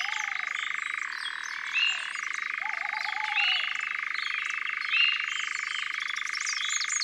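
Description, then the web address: Continuous European nightjar churr, a dry rattling trill that dips lower briefly early on and then steadies. Soft low whistled notes and high songbird phrases sound behind it. "Engoulevent-d Europe abc-de-la-nature"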